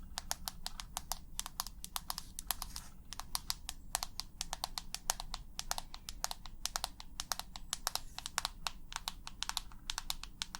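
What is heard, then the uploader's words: Quick fingernail tapping clicks along without pause, sharp and bright, in rapid bursts of several taps with brief gaps between them. A low, soft hum sits steadily underneath, and no voice is heard. ASMR 100% Tapping for the BEST Sleep & Tingles long nails, no talking.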